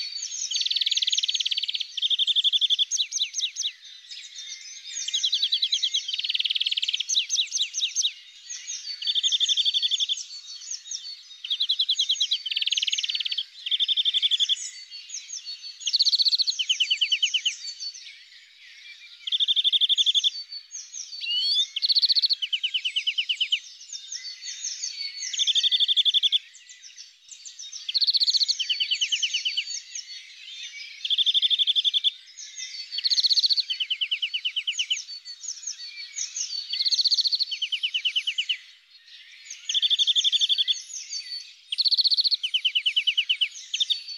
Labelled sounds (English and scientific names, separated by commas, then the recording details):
European Greenfinch (Chloris chloris) song
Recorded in the wild
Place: Freiburg im Breisgau / Lehen, Baden-Württemberg, DE
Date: 2002-04-20
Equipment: MiniDisc Sharp MT 20 H
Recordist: Schwarz, Dieter
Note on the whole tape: Song